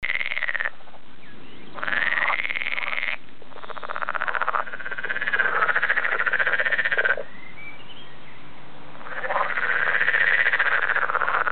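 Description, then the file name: Edible frog calling: rattling, pulsed croaks in several bouts of one to three seconds. "kecskebéka"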